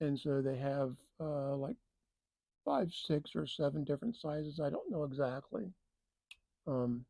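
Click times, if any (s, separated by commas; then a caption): 6.3 s. Someone talks about a Rain Bird impact sprinkler while its removable plastic nozzle is pushed back into the sprinkler body. A short, sharp tick at 6.3 s marks the nozzle snapping back into its seat, and then the talking resumes.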